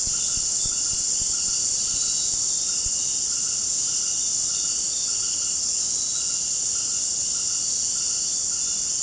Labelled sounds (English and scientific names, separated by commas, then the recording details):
none
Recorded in secondary vegetation near Puerto Asís, Putumayo, Colombia, on 25 June 2025 at 18:30
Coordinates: 0.484, -76.319
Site G074